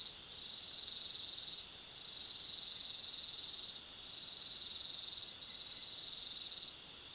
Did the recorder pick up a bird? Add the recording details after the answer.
no. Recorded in pastures near Puerto Asís, Putumayo, Colombia, on 20 February 2024 at 19:30. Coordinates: 0.497, -76.327. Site G7276